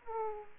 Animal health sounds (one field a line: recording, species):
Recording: mosquito wingbeat signal from an infrared sensor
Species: Aedes aegypti